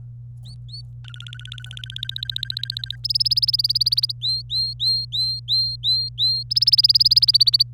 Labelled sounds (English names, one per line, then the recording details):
Domestic Canary song
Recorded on 25 April 2018 at 17:52
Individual llb3